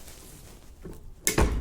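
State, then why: Released. A cartridge case is run up into a spring-loaded decapping die on a reloading press, and the decapping pin punches the spent primer out of the brass case. After quiet handling noise, a sharp, loud spring-assisted click lands at 1.3 s, followed by a brief metallic rattle. The spent primer is released.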